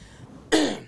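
An adult woman clears her throat once, from a throat complaint that has lasted weeks or longer.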